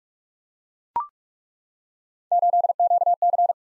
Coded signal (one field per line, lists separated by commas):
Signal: Morse code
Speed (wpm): 42 wpm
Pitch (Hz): 700 Hz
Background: none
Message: 8QC